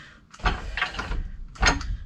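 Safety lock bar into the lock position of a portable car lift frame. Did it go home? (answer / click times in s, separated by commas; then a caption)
yes / 0.8 s. A Quickjack portable car lift is lowered slightly so its steel safety lock bar drops into the locking position on the lift frame, with scraping and metallic clatter throughout. The bar seats with a sharp click at 0.8 s, locking in tight, and it is then checked that it cannot move.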